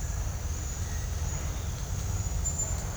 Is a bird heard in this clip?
no